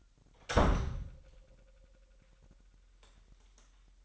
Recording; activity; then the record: daily activity, microphone in the room; close door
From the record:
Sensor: 3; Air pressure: 998.3 hPa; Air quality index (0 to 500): 144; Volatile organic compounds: 5 ppm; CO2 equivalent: 1720 ppm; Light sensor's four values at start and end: 16/45/18/17 and 15/45/18/17